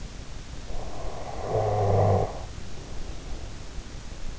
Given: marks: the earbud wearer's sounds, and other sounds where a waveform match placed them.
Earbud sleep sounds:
sounds in sleep by an in-ear microphone; snoring breath
0.63-4.09 s: snoring breath

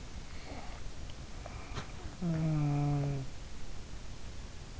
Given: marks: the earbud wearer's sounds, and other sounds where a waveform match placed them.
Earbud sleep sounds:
sounds in sleep by an in-ear microphone; snoring breath
0.37-3.27 s: snoring breath

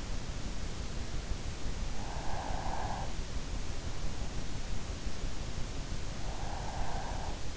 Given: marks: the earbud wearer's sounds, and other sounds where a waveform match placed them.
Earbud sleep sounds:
sounds in sleep by an in-ear microphone; breath
1.94-3.25 s: breath
6.17-7.37 s: breath

